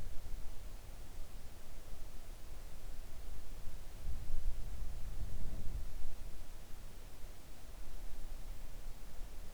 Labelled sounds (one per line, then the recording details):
wind
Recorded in the Arctic National Wildlife Refuge, Alaska, on 3 August 2019 at 05:14
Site 41